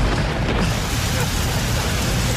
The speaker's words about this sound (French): Bon, il pleut. C'est le fun.